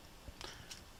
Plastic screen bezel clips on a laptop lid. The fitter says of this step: and you will hear some clicks uh